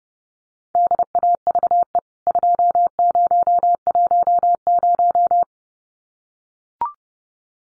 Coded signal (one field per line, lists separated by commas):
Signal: Morse code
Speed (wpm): 30 wpm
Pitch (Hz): 700 Hz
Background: none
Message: DAVE 2010